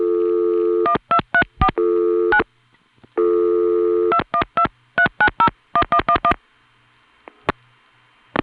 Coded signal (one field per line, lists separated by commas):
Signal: DTMF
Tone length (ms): 80 ms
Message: 1234 9 2123901111